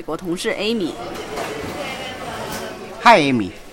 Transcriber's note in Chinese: Office ambience